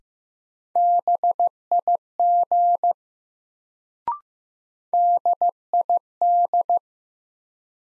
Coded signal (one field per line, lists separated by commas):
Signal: Morse code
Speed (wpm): 15 wpm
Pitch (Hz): 700 Hz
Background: none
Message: BIG DID